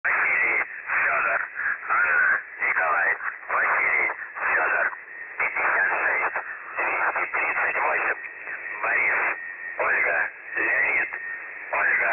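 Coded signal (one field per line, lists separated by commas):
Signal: numbers station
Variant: UVB-76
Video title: The Buzzer/UVB-76 Voice Message (December 4, 2020 10:27 UTC)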